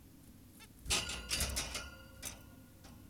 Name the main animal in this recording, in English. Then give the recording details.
Zebra Finch. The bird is an adult. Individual g17y2U